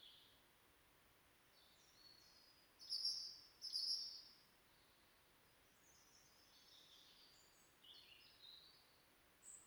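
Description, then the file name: European robin song, two bright high twittering phrases near the middle followed by faint thin high notes, over a steady hiss. "Erithacus rubecula"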